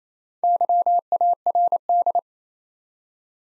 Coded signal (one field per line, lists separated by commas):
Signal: Morse code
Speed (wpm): 28 wpm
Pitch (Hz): 700 Hz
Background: none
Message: YARD